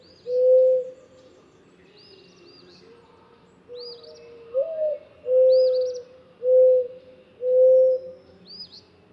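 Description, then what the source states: Mourning Dove song of mournful low coos, one rising and swelling before several level hoots, while another bird repeats short high chirps in the background. Voice described as sounding rather melancholy.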